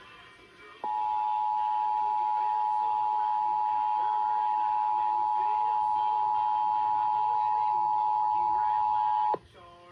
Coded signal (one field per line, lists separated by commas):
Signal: Emergency Alert System (SAME) tones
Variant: 853 and 960 Hz attention tone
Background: speech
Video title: February 2024 Texas Required Monthly Test (EAS #552-560)